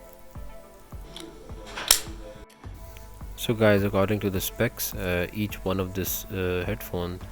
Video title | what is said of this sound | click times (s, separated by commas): Lenovo LivePods LP1 - Unboxing - full review | it produces a very nice clicking sound when you open and close the case. | 1.9 s